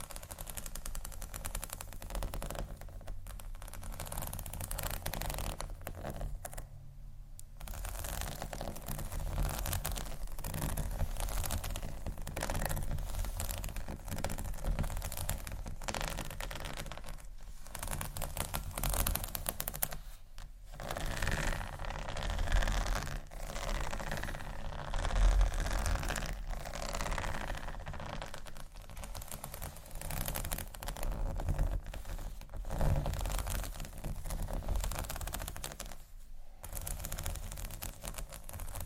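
Scratching triggers run continuously, a dense, crackly rasp that fills the highs and pulses in quick irregular strokes. Brief gaps break the scratching around 3, 7, 20 and 36 seconds, while a low steady rumble sits underneath throughout.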